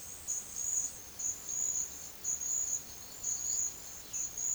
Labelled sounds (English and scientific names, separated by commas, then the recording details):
none
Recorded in pastures near Puerto Asís, Putumayo, Colombia, on 21 March 2025 at 10:30
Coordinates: 0.487, -76.322
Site G077